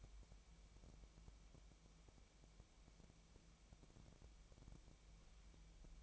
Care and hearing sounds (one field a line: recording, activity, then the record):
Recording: daily activity, microphone in the room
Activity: wipe stove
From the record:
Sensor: 1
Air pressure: 1001.6 hPa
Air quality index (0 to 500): 218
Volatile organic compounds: 28 ppm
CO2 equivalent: 2912 ppm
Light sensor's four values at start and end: 8/29/10/11 and 8/29/10/11